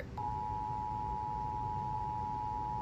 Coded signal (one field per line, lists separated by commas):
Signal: Emergency Alert System (SAME) tones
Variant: 853 and 960 Hz attention tone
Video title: On the Water… || EAS Alerts from 7/6/22 || EAS 778-789